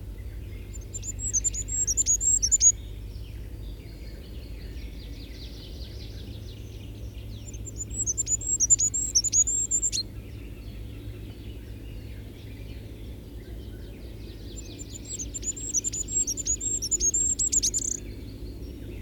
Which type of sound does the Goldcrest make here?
song